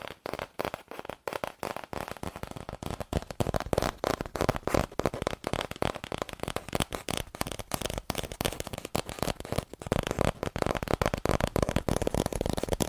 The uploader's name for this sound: Fast Aggressive Cardboard Tapping